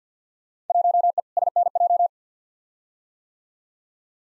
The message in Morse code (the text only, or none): 1E SNJ